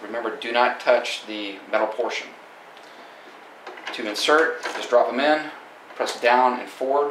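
Ink cartridges are dropped into a postage meter's print carriage and pressed down and forward while someone talks, with one sharp handling sound around 3.7 s. Nothing has seated or clicked yet; the clip ends before the cartridge goes home.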